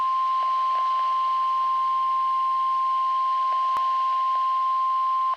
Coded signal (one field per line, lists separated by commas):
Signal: Emergency Alert System (SAME) tones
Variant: 1050 Hz attention tone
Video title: NOAA Weather Radio EAS Alert #9 (Tornado Watch)